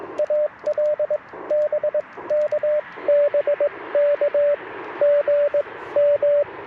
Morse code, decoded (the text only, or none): AL BK BK GM